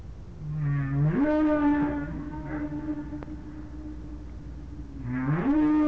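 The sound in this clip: Whale calls: a low moan rising sharply then held as a long tonal note, rich in harmonics, with another rising moan at the end over a steady low rumble.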